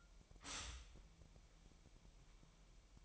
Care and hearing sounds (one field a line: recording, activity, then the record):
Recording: daily activity, microphone in the room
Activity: stop toaster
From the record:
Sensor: 1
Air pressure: 1002.0 hPa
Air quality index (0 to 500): 241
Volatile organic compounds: 45 ppm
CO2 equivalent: 3228 ppm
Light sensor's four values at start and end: 10/35/12/14 and 10/35/12/14